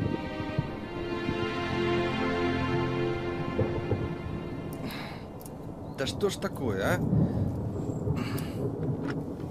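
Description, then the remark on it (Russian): Deep, rolling thunder following lightning rumbles beneath a steady tonal hum, then sharp crackling bursts break out in the second half while a man speaks briefly over it. “Молнию видел, конечно. Дождь, наверное, будет.”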